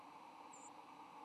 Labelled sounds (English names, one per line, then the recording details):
White-throated Sparrow flight call
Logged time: 06:30 on 8 November 2014